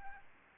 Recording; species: mosquito wingbeat signal from an infrared sensor; Aedes albopictus